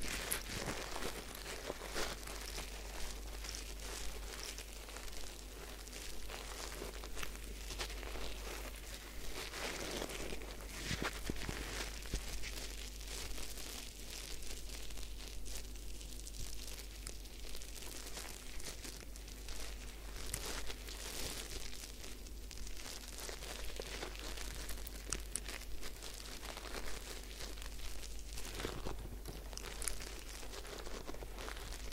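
A head spa hair wash and massage fills the clip with steady, dense crinkling and rustling, like fingers working through wet hair and foam. Bright scratchy bursts rise and fall throughout, stronger around ten, fifteen and twenty-eight seconds, over a constant low hum.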